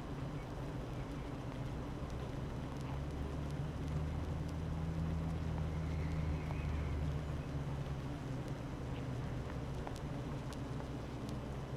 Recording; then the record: honeybee colony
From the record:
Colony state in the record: active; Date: 12 June 2018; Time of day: 8:53